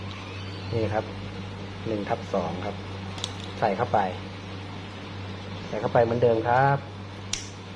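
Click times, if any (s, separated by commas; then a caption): 7.3 s. A 1/2 plastic guard comb is pushed onto a hair clipper the same way as before while someone talks over a steady low hum. A short, sharp click is heard at 7.3 seconds as the guard comb snaps into place and seats on the clipper.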